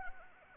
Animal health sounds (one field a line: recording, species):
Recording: mosquito wingbeat signal from an infrared sensor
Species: Anopheles arabiensis